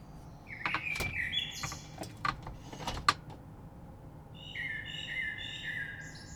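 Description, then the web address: Blackbird song phrases, fluted notes with high twittering ends, interrupted by a series of sharp clicks and knocks, then resuming more smoothly. Recorded 3 March 2020. "oiseaux Rush Merle 3-3-2020"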